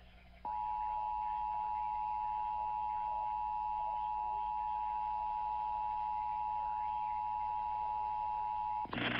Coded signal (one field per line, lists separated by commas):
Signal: Emergency Alert System (SAME) tones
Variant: 853 and 960 Hz attention tone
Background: speech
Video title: 2017 Iowa Tornado Drill tests on TV and radio (EAS #322-327)